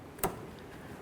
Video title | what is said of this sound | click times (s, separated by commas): How To Install Air Temperature Sensor 2006-2012 Ford Fusion | listen for our click give it a nice tug make sure it's secure | 0.2 s